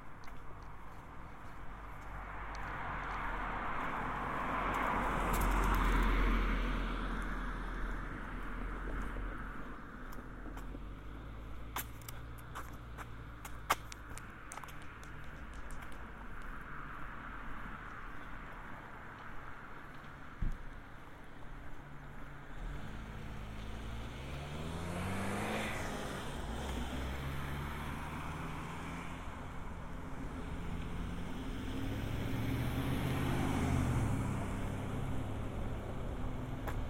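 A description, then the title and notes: A walk outdoors in a town, with road traffic filling the background. Cars pass at intervals, one swelling near five seconds and others rising and falling in pitch around 25 and 33 seconds, while brief clicks and ticks scatter through the first half. A binaural field recording of walking around south Boulder, CO in the summer of 2015.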